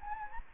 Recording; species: mosquito wingbeat signal from an infrared sensor; Anopheles gambiae